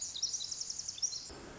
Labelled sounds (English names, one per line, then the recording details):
Pacific Wren
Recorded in Sonoma County, California